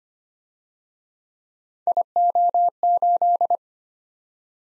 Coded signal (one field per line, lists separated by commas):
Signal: Morse code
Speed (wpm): 31 wpm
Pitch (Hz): 700 Hz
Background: none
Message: IO8